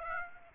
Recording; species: mosquito wingbeat signal from an infrared sensor; Aedes aegypti